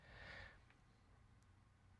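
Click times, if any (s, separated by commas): none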